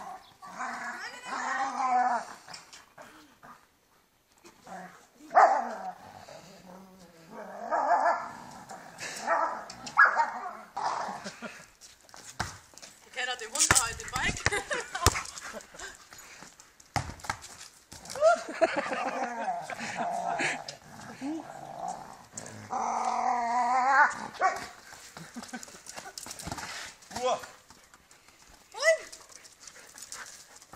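Children's excited voices chatter and shout outdoors while a dog barks now and then as they play. Sharp thumps and scuffs, like a ball being kicked, cluster around the middle, with brief quiet gaps between bursts of voices.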